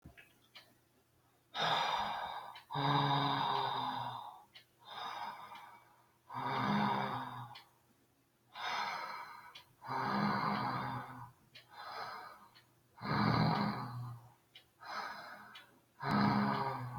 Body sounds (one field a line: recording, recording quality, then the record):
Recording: deep breathing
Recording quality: excellent, no background noise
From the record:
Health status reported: exposed to COVID-19, no respiratory illness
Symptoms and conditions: sore throat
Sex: male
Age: 18 years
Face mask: not worn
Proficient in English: yes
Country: India